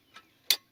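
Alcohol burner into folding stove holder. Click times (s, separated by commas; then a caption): 0.5 s. A metal alcohol stove burner is refitted into the slotted holder of a folding steel camp stove. After a faint tick at 0.2 s, the burner's lips give a sharp, bright click at 0.5 s as they snap into place, and the burner sits seated in a snug fit.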